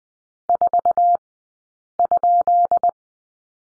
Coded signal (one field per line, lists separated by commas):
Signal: Morse code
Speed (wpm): 20 wpm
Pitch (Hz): 700 Hz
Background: none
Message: 4?